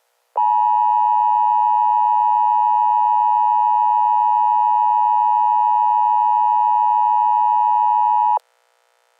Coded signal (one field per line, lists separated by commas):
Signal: Emergency Alert System (SAME) tones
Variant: 853 and 960 Hz attention tone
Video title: Emergency Alert System Hurricane Warning